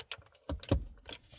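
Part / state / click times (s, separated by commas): car radio head unit into dashboard mounting slot / not seated / none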